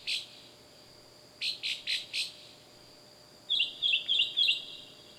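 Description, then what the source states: Bird calls in three short bursts: a single harsh chirp, then four harsh chirps, then four sharper twittering notes. Loud wild bird calling at night.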